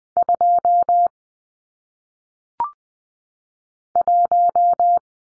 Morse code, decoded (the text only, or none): 2 1